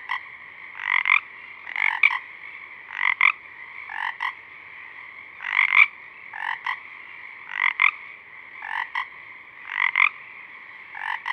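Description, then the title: Pacific chorus frogs in a lively run of raspy two-part croaks, roughly one burst per second, overlapping with a steady frog chorus. A few Pacific chorus frogs singing at dusk, recorded through a parabolic reflector. "Pacific Chorus Frogs (Pseudacris regilla), dusk, Parabolic"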